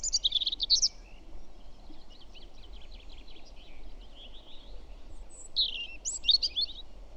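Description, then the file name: European robin singing: a bright, intricate high phrase, then quiet scratchy twittering, then another loud sparkling trilled phrase near the end; constant low background hum. "Erithacus rubecula"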